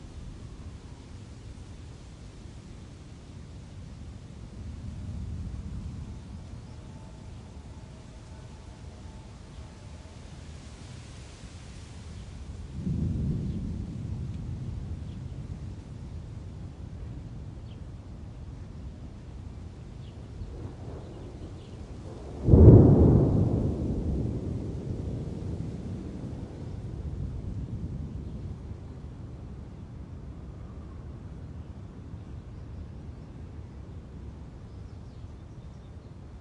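Low thunder rumbles roll through a steady hiss of rain, with soft swells near 6 and 13 seconds and a sharp crack at 22.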